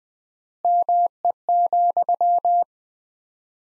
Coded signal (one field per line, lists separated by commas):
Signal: Morse code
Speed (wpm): 20 wpm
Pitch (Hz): 700 Hz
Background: none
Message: ME,